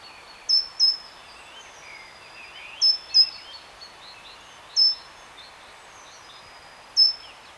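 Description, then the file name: Great tit calls: short, high, sharp notes in pairs and singles, over a busy background of softer twittering from other birds. "Parus major"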